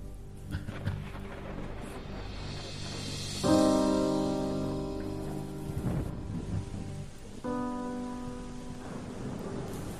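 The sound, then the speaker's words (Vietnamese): Heavy rain, falling since the afternoon and still going after 8 p.m., pours down in a steady, dense hiss with a deep rumble underneath, while two long, sustained droning tones swell above it one after another. No one speaks. “Mưa mỗi lúc một lớn, lúc nhỏ, kéo dài từ chiều.”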